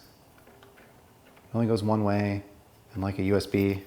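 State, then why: Not seated. A keyed, one-way, twist-lock power connector on an LED work light cable is handled near its mating connector. A couple of faint ticks are heard early on, then someone talks. Nothing has seated or clicked yet.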